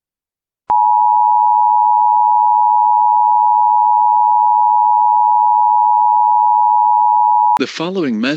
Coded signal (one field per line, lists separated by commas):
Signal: Emergency Alert System (SAME) tones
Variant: 853 and 960 Hz attention tone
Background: speech